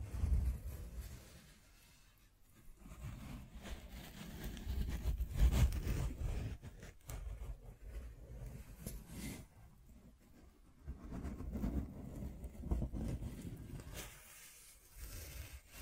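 Scratching and rubbing sounds with occasional taps, mostly low and rumbling with bright scraping streaks above. The activity comes in uneven bursts, louder around five to six seconds and again near ten to thirteen, with quieter stretches between.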